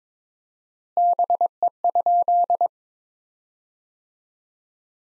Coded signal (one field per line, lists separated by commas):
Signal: Morse code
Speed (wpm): 22 wpm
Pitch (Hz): 700 Hz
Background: none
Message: BE?